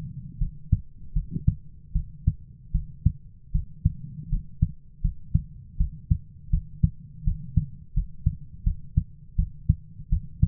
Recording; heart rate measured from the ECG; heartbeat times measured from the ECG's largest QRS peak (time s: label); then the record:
heart sounds by stethoscope; 80 bpm
0.39 s: heartbeat
1.14 s: heartbeat
1.93 s: heartbeat
2.72 s: heartbeat
3.52 s: heartbeat
4.30 s: heartbeat
5.02 s: heartbeat
5.78 s: heartbeat
6.51 s: heartbeat
7.25 s: heartbeat
7.94 s: heartbeat
8.64 s: heartbeat
9.36 s: heartbeat
10.10 s: heartbeat
From the record:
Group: healthy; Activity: rest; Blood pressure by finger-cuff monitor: 130/77 mmHg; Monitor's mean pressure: 95 mmHg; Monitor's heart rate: 77 bpm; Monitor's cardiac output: 7.3 L/min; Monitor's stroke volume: 95 mL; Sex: female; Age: 22 years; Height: 161 cm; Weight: 65.5 kg